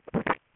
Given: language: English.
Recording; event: throat vibration sensor signal played as sound; swallow